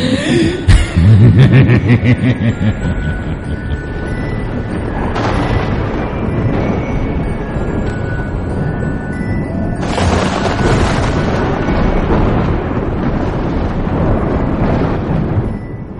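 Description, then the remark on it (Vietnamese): A heavy, low rumble of thunder opens the scene, then gives way to a steady wash of rain and wind that surges louder twice, continuing without voices. “Sấm chớp ở trên trời bắt đầu kéo đến đì đà đì đùng, cơn mưa ập đến ngay sau đó.”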